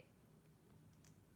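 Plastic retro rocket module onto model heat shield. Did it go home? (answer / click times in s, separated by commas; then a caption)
no / none. A plastic retro rocket module is test-fitted onto the heat shield of an AMT Gemini Titan model kit, with only a quiet low hum and a faint, brief tap near 1.1 s. Nothing has clicked into place: the module does not snap on, so it will have to be glued.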